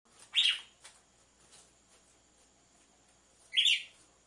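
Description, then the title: Red-cowled cardinal: two loud chirps about three seconds apart, with a few soft notes between. Female song combined with the song of two males, used to warm up and stimulate males. "Canto Galo Campina Fêmea 01. ESQUENTE GALO DE CAMPINA COM BATIDA DE DOIS MACHOS"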